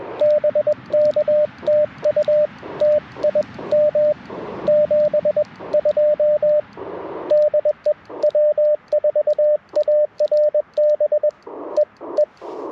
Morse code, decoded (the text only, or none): BK TU TIM 72 DE W4ARB EE